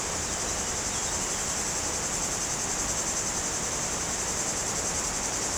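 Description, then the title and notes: Cicada song forms a steady, high-pitched sizzling buzz that never pauses, with rushing stream water beneath it. Cicadas very active in trees on a hot day, slopes of the Grand Colombier above Culoz, France, near the Jourdan river. "Chem. de Romagnieux, 01350 Culoz, France - Rivière et cigales. Sur les pentes du Grand Colombier au dessus de Culoz , par cette chaude journée les cigales sont très actives dans les arbres près du Jourdan"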